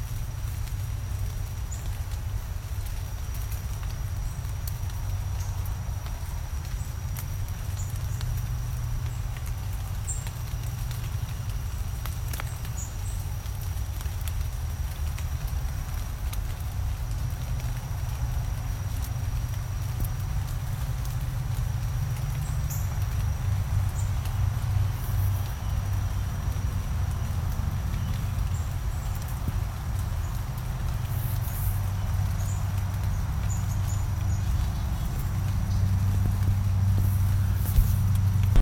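Deep-forest ambience with a steady, heavy low rumble, like traffic or wind, filling the bottom throughout. A thin, constant high whine runs across the whole clip, with faint scattered chirps high above. The rumble swells slightly in the last few seconds.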